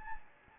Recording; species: mosquito wingbeat signal from an infrared sensor; Anopheles gambiae